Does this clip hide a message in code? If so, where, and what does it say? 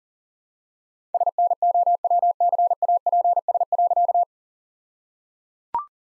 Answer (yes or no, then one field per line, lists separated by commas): yes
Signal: Morse code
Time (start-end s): 1.1-4.2 s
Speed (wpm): 37 wpm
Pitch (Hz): 700 Hz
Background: none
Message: SNOWCAPS.